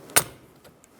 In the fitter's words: get it clicked into place